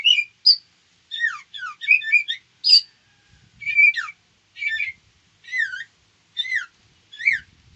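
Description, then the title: White-rumped shama giving a series of short squawky and whistled notes, some sharply falling, with faint low rumbles. Female bird. "Murai batu betina"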